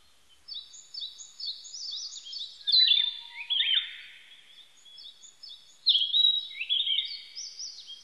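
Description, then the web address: Narcissus flycatcher song: quick high chirps leading into louder descending whistled slurs, repeated in two phrases. Recorded 25 April 1998. "1998 980425 kibitaki"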